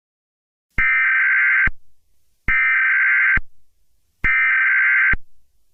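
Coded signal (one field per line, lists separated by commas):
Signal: Emergency Alert System (SAME) tones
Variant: header bursts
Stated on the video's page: Mock EAS law enforcement warning, simulated rather than a real alert.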